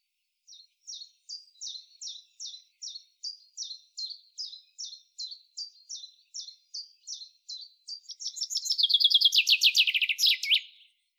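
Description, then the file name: Common chaffinch song: a long series of crisp repeated notes, then a louder, denser rattling phrase ending in a descending flourish. "Fringilla coelebs"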